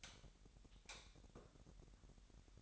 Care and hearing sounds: daily activity, microphone in the room; light off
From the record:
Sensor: 3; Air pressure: 1012.0 hPa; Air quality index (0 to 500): 224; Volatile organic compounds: 4 ppm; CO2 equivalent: 1670 ppm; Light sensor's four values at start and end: 15/37/15/15 and 13/30/13/13

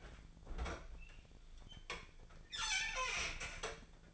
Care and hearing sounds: daily activity, microphone in the room; open fridge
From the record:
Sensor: 5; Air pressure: 1009.7 hPa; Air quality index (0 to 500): 165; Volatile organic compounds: 4 ppm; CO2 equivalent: 1604 ppm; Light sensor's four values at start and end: 108/279/116/124 and 110/283/118/126

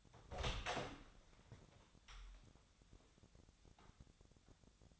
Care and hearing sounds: daily activity, microphone in the room; open door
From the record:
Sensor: 3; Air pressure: 1007.3 hPa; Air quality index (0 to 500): 200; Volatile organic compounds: 17 ppm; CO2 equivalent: 2564 ppm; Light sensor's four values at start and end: 12/28/12/12 and 12/29/12/12

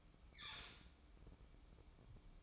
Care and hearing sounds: daily activity, microphone in the room; open fridge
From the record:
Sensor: 1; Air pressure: 1007.9 hPa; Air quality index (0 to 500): 104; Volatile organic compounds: 1 ppm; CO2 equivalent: 886 ppm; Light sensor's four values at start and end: 12/29/12/13 and 12/28/12/13

